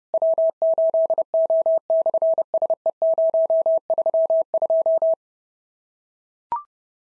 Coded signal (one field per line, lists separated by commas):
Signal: Morse code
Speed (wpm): 30 wpm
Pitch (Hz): 650 Hz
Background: none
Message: W8O/SE032